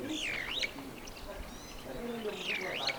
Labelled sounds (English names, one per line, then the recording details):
Superb Starling flight call
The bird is a male
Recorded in Kenya on 7 July 2008 at 10:54
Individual 43, of group MRC1